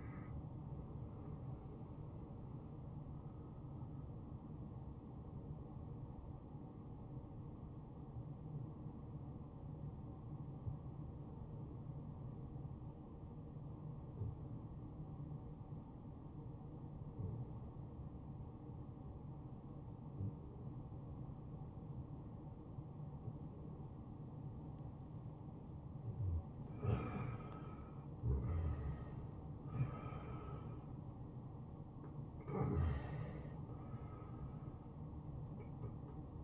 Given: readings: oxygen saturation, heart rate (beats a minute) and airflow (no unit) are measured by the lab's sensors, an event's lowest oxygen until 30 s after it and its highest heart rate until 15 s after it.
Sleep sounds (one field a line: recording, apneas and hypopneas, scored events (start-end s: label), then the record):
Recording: breathing in sleep by a smartphone at the bedside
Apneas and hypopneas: 1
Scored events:
7.00-27.60 s: hypopnea (N1, oxygen 94% highest, then 89% lowest, heart rate 71 at the start, 76 highest)
24.00-36.44 s: new sleep stage, awake
29.00-36.44 s: awake
From the record:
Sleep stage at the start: N1 (lightest sleep)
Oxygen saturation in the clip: 90 to 94%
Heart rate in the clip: 64 to 74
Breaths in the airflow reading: 5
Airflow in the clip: -12.6 to 6.9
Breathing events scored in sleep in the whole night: 263 in 5.5 hours asleep